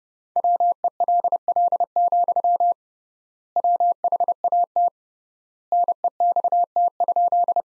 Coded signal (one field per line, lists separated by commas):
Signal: Morse code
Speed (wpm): 30 wpm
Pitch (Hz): 700 Hz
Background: none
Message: WELL, WHAT NEXT?